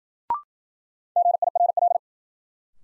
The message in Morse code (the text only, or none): GIRL